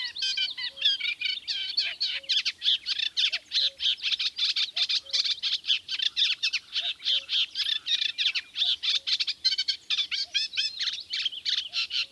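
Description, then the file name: Eurasian reed warbler singing a continuous chatter of grating notes, with faint, regular low piping notes alongside. "Kleinekarekiet"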